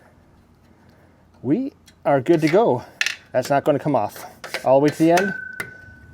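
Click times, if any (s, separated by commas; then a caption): 5.6 s. A TANX 2 bike rack arm is pushed into its locked position on the rack frame after the end bolt has been fitted with the supplied hex key. Someone talks, then a sharp, short knock at 5.6 seconds marks the arm locking in place.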